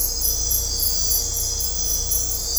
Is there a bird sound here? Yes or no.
no